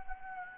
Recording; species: mosquito wingbeat signal from an infrared sensor; Anopheles gambiae